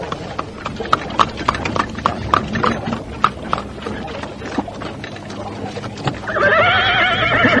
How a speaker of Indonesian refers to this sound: mendadak dari ujung jalan muncul sebuah kereta yang dikawal 10 orang penunggang kuda.